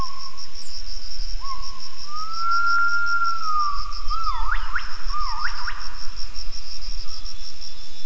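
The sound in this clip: Gibbon calling: a long whistled note holding near one pitch, then steep rising swoops, with a continuous pulsing insect chorus high above.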